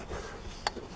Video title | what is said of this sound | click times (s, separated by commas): Where I Disappeared! VW 2.0 TSI Fuel Pump Control Module, Mercury Sable Waterpump!!!!! | until you hear the little click push the red clip down another click | 0.7 s